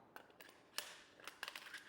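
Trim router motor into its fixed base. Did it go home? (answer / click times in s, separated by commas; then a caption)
no / none. A Flex 24V trim router motor is being slid back into its fixed base. Light scraping and handling ticks are heard, with sharper plastic knocks around 0.8 s and 1.4–1.6 s. Nothing has seated or locked into place yet.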